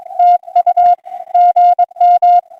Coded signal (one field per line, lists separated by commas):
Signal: Morse code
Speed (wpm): 22 wpm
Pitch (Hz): 710 Hz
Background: music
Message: TU GM